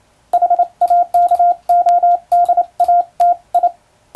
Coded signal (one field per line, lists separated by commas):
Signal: Morse code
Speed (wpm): 28 wpm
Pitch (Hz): 700 Hz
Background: none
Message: HAKODATI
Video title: トンツーやってます！モールス符号を打ってみました！トン（短点）とツー（長点）の組み合わせで言葉になります。暗号を使うようでカッコいいかな？昭和に大流行しました morse code practice